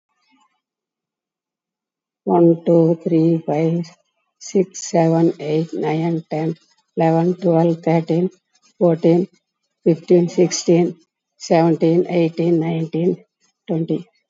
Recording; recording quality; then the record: counting at a normal pace; excellent, no background noise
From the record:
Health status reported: COVID-19 positive, moderate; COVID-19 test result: positive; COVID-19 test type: RT-PCR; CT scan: taken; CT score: 12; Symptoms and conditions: cough, cold, breathing difficulty, fatigue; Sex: female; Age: 60 years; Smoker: no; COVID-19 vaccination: none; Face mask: worn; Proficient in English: yes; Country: India